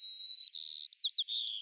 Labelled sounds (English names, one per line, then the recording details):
White-crowned Sparrow song
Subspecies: nuttalli
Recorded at Gualala, California, in 2014
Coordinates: 38.757, -123.518
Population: north
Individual GUA_male1_14